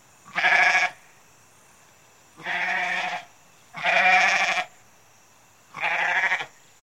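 Goat giving four strained, quavering bleats, each roughly half a second to a second long, separated by short quiet gaps over a faint constant hiss.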